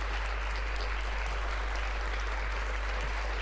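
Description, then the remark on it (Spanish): Steady applause from a crowd, a dense wash of clapping that holds an even level for a few seconds with no voices over it. “Bueno, un momento, aplauso.”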